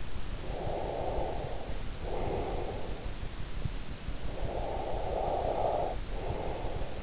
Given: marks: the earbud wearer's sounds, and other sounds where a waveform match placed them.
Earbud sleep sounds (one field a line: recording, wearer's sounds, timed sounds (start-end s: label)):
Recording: sounds in sleep by an in-ear microphone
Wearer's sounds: breath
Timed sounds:
0.24-3.20 s: breath
4.10-7.03 s: breath